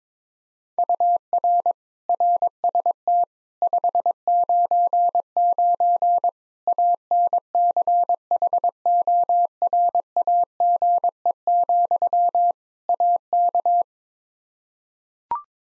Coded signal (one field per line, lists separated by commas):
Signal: Morse code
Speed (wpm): 22 wpm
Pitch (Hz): 700 Hz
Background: none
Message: UR RST 599 ANCHORAGE, AK